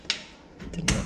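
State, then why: Seated. After a filter change, a hinged metal return-air grille is pushed closed into its wall or ceiling frame latch, resisting at first and needing a wiggle because the divots don't quite line up. Two sharp impacts ring out at about 0.1 s and 0.9 s, with softer rattling in between. The grille's latches snap home and it seats at 0.9 s.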